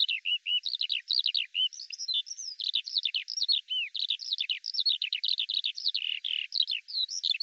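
Eurasian skylark song, a continuous fast stream of high chirps, trills and slurred notes with barely a pause, on a clean quiet background.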